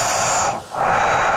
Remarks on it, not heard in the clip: That was all nose. Like my mouth was shut. Like that noise is just my nasal passages. I sound like the CPAP machine.